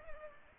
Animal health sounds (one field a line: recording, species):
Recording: mosquito wingbeat signal from an infrared sensor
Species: Culex pipiens